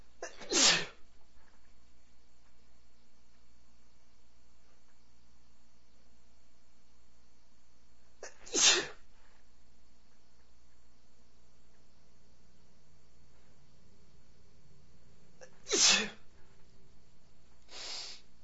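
An adult man sneezes in spring: three sharp, explosive sneezes at roughly seven-second intervals, each a brief loud burst of hissy air, with a softer fourth burst at the end. The surrounding background is quiet. The pattern fits ordinary repeated sneezing.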